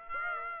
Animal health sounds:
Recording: mosquito wingbeat signal from an infrared sensor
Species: Aedes aegypti

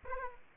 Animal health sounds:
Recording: mosquito wingbeat signal from an infrared sensor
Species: Aedes aegypti

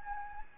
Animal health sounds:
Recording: mosquito wingbeat signal from an infrared sensor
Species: Anopheles gambiae

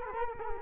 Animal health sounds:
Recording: mosquito wingbeat signal from an infrared sensor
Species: Culex quinquefasciatus

